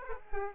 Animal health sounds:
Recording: mosquito wingbeat signal from an infrared sensor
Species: Aedes aegypti

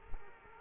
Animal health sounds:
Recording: mosquito wingbeat signal from an infrared sensor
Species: Culex quinquefasciatus

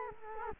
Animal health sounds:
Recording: mosquito wingbeat signal from an infrared sensor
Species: Culex quinquefasciatus

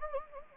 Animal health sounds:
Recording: mosquito wingbeat signal from an infrared sensor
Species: Anopheles gambiae

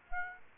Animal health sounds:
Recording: mosquito wingbeat signal from an infrared sensor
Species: Aedes aegypti

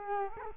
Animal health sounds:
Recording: mosquito wingbeat signal from an infrared sensor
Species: Culex quinquefasciatus

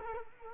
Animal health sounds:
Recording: mosquito wingbeat signal from an infrared sensor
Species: Culex quinquefasciatus

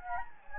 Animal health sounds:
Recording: mosquito wingbeat signal from an infrared sensor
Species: Anopheles gambiae

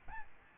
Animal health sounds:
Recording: mosquito wingbeat signal from an infrared sensor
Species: Aedes albopictus

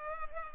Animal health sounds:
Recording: mosquito wingbeat signal from an infrared sensor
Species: Culex pipiens

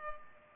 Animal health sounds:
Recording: mosquito wingbeat signal from an infrared sensor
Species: Culex pipiens

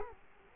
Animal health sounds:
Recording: mosquito wingbeat signal from an infrared sensor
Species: Culex quinquefasciatus

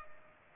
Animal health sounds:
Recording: mosquito wingbeat signal from an infrared sensor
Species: Culex pipiens

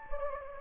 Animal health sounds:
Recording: mosquito wingbeat signal from an infrared sensor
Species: Anopheles gambiae

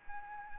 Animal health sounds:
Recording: mosquito wingbeat signal from an infrared sensor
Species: Anopheles arabiensis

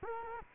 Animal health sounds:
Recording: mosquito wingbeat signal from an infrared sensor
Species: Culex quinquefasciatus

